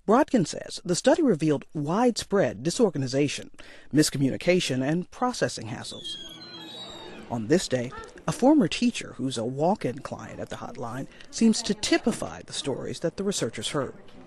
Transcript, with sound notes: Brodkin says the study revealed widespread disorganization, miscommunication and processing hassles. (Soundbite of door opening) On this day, a former teacher who's a walk-in client at the hotline seems to typify the stories that the researchers heard.